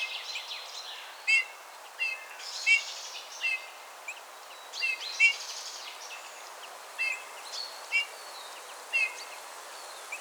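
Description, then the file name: Eurasian bullfinch giving soft whistled notes, repeated irregularly throughout, over a backdrop of other small birds singing and chirping. "Pyrrhula pyrrhula"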